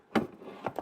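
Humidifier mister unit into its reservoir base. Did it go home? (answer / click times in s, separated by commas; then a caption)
yes / 0.2 s. The mister unit of a 5-liter terrarium humidifier with automatic timers is lined up on the two power sensors and the notch at the bottom of its reservoir base, then set down until it seats. A sharp click at 0.2 s marks it seating into place, followed by two lighter knocks at about 0.7 and 0.8 s.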